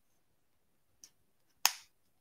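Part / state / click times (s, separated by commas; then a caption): flash mounting ring onto lens adapter ring / seated / 1.7 s. A Godox MF12 macro flash mounting ring is slid onto the adapter ring screwed onto the front of a lens. A faint tick at 1.0 s is followed by a sharp, bright click at 1.7 s as the ring snaps into place and seats with a satisfying click.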